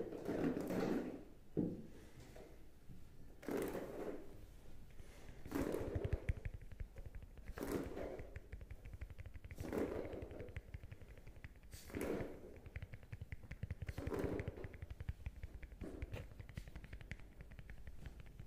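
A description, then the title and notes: Tapping sounds overlap in a dense, rapid patter, with louder hollow thumps landing roughly every two seconds over a low rumble. Tapping Overload.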